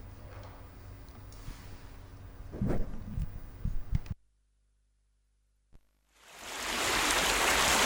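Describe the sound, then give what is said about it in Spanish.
Steady rushing sea waves with a low rumble, then a sudden pause of near silence before another broad, hissing wash of surf swells up and holds loud. “¿Y si a este mar le pusiéramos unas gaviotas?”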